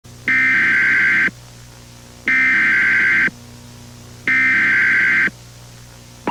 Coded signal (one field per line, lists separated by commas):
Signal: Emergency Alert System (SAME) tones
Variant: header bursts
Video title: Blackout A MasterCarl65 PRODUCTIONS EAS Scenario